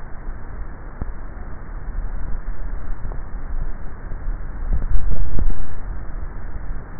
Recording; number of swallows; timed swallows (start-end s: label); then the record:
swallowing sounds by neck microphone; 1
4.75-5.52 s: swallow
From the record:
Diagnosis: dysphagia